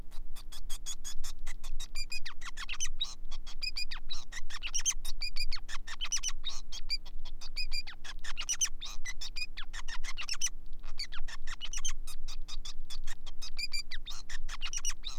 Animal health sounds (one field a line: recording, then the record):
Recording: song of a male Bengalese finch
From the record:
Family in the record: son of father 5